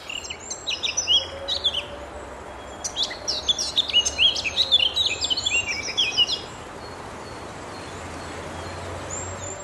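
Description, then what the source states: Eurasian blackcap song, a rapid run of clear warbling high notes for several seconds, over steady background hiss. Summer migrant back to breed; male sings from a perch with a lovely silvery note.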